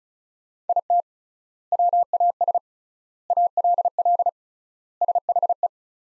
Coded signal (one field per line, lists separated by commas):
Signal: Morse code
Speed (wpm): 34 wpm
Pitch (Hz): 700 Hz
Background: none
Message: IT WAS ALL SHE